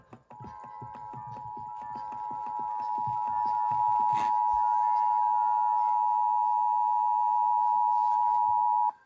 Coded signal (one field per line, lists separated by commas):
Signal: Emergency Alert System (SAME) tones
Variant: 853 and 960 Hz attention tone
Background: music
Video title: Eas alerts, I have not uploaded eas alerts from 8/3/22-/5/8/24 Eas 733-801